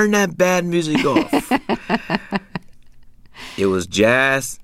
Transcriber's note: laughter